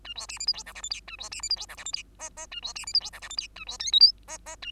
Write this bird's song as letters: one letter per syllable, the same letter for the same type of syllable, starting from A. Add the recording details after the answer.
A B C D E F G H I J A B C D E F G H I J K K A B C D E F G H I J A B L M N K K A. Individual Bird2